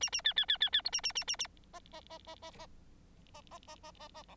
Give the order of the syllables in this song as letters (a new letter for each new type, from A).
A A B B B B B C A A A A A D D D D D D D D D D D D E